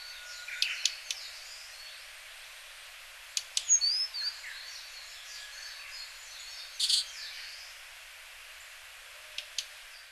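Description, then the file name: Blue-and-white flycatcher: faint, sharp notes given singly and in short bursts at irregular gaps. Kaji, Hyogo, Japan; May 2009. "ooruri 0905 hyogo kaji"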